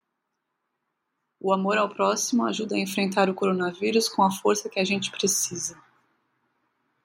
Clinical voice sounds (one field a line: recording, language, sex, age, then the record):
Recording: spoken sentence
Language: Brazilian Portuguese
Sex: female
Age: 30 to 39 years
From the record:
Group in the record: control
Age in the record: 33 years